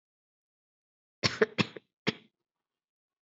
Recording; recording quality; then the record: shallow voluntary cough; excellent, no background noise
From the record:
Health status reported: COVID-19 positive, mild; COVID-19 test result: positive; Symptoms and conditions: cold, hypertension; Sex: female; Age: 39 years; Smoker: not ticked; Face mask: worn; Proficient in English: yes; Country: India